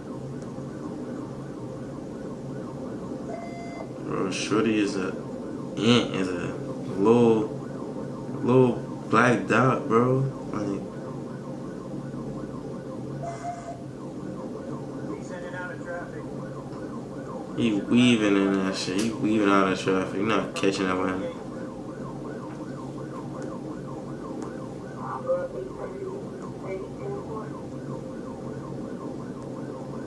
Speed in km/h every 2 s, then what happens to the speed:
208, 211, 214, 216, 214, 208, 206, 201, 198, 195, 193, 200, 204, 208, 212.
0-7 speeds up to 216. 7-21 slows to 193. 21-30 speeds up to 212.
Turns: none.